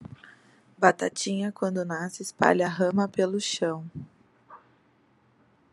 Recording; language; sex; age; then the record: short text; Brazilian Portuguese; female; 30 to 39 years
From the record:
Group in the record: control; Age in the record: 30 years